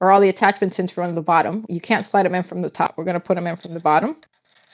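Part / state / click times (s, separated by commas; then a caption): plastic fork attachment into the robot chassis snap feature / not seated / none. A plastic fork attachment for a toy robot kit is handled at the front of the robot chassis while someone talks, ready to be slid in from the bottom onto the chassis snap feature and pushed up with the thumb until its spring snap engages. Only speech is heard, with a brief quiet at the end, and the attachment has not seated or clicked yet.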